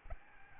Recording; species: mosquito wingbeat signal from an infrared sensor; Aedes albopictus